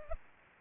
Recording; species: mosquito wingbeat signal from an infrared sensor; Anopheles arabiensis